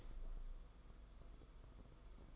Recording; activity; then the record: daily activity, microphone in the room; open window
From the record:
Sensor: 5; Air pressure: 990.5 hPa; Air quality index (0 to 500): 163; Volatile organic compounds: 286 ppm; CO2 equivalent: 4451 ppm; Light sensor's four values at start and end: 17/42/17/18 and 18/42/17/18